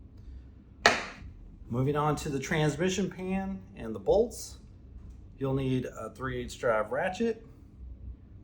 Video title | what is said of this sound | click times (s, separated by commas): How-To: Jeep JL Wrangler & JT Gladiator Transmission Fluid & Filter Service (2018-2026) | and give it one nice smooth movement until it clicks and you're good to go | 0.9 s